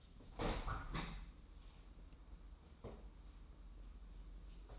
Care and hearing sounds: daily activity, microphone in the room; open window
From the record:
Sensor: 1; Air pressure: 994.4 hPa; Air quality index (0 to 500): 213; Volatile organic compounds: 1000 ppm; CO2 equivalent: 7658 ppm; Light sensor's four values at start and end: 78/169/77/81 and 79/172/78/83

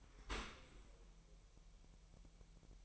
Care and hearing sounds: daily activity, microphone in the room; open dishwasher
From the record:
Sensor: 1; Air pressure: 1000.6 hPa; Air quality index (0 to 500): 248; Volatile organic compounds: 144 ppm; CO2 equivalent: 3998 ppm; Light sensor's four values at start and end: 11/28/11/12 and 11/28/11/12

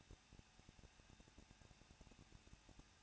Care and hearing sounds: daily activity, microphone in the room; no activity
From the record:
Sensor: 2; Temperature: 21.0 degrees Celsius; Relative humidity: 37.3%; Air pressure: 1006.2 hPa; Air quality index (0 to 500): 221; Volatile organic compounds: 24 ppm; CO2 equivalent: 2802 ppm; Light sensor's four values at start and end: 2/3/2/2 and 2/3/2/2

